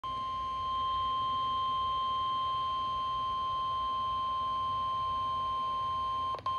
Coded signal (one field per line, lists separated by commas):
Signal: Emergency Alert System (SAME) tones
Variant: 1050 Hz attention tone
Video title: NOAA Weather Radio - EAS Doubleheader SVR & Special Marine Warning [EAS #212-#213] (7/2/22)